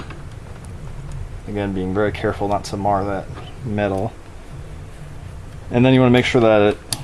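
Someone talks while handling the metal locking pin in the steering collar after the collar has been tightened down with a 16 millimeter tool, taking care not to mar the metal. A couple of faint short ticks come early, but the pin has not yet been worked in and out, and nothing has seated or clicked yet.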